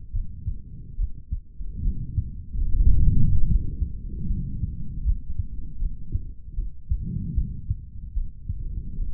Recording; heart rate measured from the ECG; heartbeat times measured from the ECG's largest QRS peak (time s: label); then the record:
heart sounds by stethoscope; 75 bpm
0.12 s: heartbeat
0.96 s: heartbeat
1.82 s: heartbeat
2.68 s: heartbeat
3.48 s: heartbeat
4.27 s: heartbeat
5.04 s: heartbeat
5.79 s: heartbeat
6.55 s: heartbeat
7.35 s: heartbeat
8.14 s: heartbeat
8.97 s: heartbeat
From the record:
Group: healthy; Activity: rest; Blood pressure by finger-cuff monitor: 107/79 mmHg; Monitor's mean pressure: 89 mmHg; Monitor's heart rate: 77 bpm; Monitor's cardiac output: 3.5 L/min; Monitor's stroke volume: 46 mL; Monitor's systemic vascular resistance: 1830 dyn s/cm5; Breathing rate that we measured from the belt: 23 breaths a minute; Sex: male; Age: 55 years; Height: 167 cm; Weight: 57.2 kg